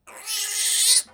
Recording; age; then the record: pig call; piglet (1 to 25 days)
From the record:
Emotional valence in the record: negative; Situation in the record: restrain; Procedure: back test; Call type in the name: high-frequency call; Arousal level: medium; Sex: female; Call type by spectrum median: high-frequency call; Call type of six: mixed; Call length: 1.15 s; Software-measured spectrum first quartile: 4622 Hz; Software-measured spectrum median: 7140 Hz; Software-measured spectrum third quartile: 9214 Hz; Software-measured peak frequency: 9339 Hz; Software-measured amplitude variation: 130 dB a second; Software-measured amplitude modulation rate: 19.6 a second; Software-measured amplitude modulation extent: 6.6 dB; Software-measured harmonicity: 1.9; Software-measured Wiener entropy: -1.83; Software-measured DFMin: 489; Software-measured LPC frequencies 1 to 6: 1053, 1978, 3676, 4322, 5440, 6695 Hz